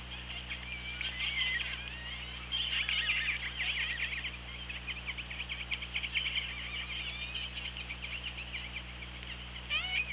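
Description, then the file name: Killer whale calls: many overlapping whistled and squealing tones, rising and falling, sounding almost continuously over a steady low underwater hum. Recorded on an OrcaLab hydrophone, 24 August 2017 at 17:29:08. "Orca Lab UTLN JASON 20170824 172908"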